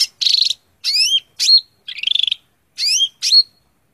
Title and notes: Suara Burung Cucak Ijo. mantap buat masteran burung cak ijo